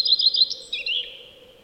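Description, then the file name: Common redstart song fragment: a few quick high repeated notes followed by a brief scratchy warble that fades out, faint hum in the background. "Lepplintu Redstart"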